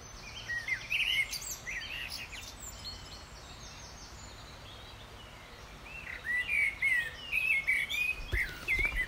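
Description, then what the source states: Eurasian blackcap song in two phrases: a brief warbled burst at the start, then a longer run of varied notes after a quiet pause. Male singing on a dawn chorus walk in early May at a nature reserve in the UK; song has a scratchy first half and a fluty second half.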